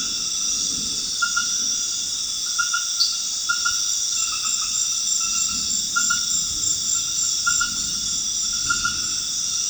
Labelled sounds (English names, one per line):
none